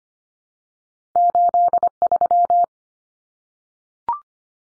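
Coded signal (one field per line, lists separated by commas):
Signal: Morse code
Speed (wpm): 25 wpm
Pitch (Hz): 700 Hz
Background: none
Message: 83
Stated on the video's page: Two-digit numbers at 25wpm for head-copy practice, each sent in Morse, then spoken, then sent again.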